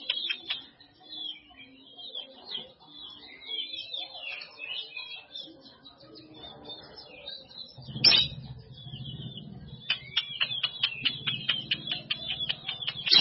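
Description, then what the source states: Canary song: continuous high warbling and twittering with rolling trills, then rapid repeated chipping notes over a low hum. Kenari Jawara canary; Indonesian master song used for training birds.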